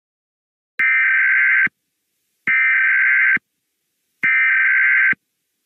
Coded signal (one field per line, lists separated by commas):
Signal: Emergency Alert System (SAME) tones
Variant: header bursts